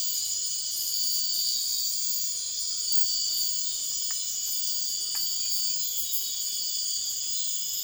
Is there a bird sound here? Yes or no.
no